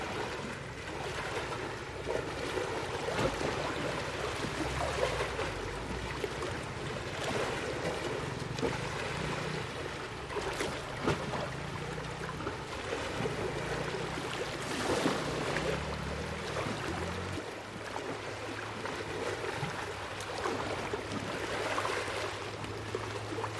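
Waves lap against a shoreline in a dense, steady wash of water that barely rises or falls over the whole stretch. Slightly stronger splashes come through around 3, 11, 15 and 22 seconds, while a low droning hum, like a boat motor, shifts pitch underneath.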